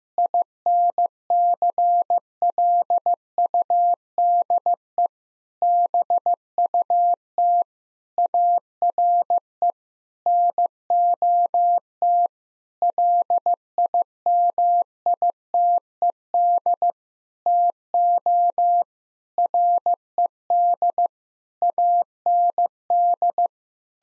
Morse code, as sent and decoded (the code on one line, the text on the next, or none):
.. -. -.-. .-.. ..- -.. . / -... ..- - / .- .-. . / -. --- - / .-.. .. -- .. - . -.. / - --- / .-. . -.. / .- -. -..
INCLUDE BUT ARE NOT LIMITED TO RED AND